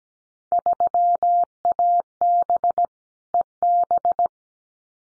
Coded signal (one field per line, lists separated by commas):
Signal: Morse code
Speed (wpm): 17 wpm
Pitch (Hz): 700 Hz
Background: none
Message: 3AB EB